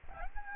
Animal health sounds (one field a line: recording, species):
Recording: mosquito wingbeat signal from an infrared sensor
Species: Aedes albopictus